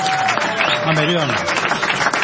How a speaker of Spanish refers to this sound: Bueno, ya que han venido muchas mujeres, es fuerte el aplauso para las chicas, las mujeres que han venido.